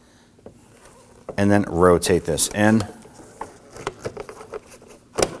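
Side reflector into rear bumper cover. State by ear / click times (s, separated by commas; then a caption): seated / 5.2 s. Someone talks while the driver-side plastic side reflector of a 2003-2014 Volvo XC90 is rotated into the rear bumper cover and pushed home, with a few small clicks and taps of handling along the way. A sharp snap at 5.2 s marks the reflector seating in place.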